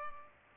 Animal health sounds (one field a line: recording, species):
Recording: mosquito wingbeat signal from an infrared sensor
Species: Culex pipiens